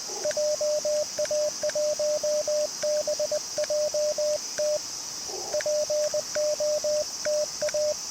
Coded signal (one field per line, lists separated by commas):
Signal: Morse code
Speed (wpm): 20 wpm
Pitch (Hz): 600 Hz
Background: radio noise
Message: JA1BJT POTA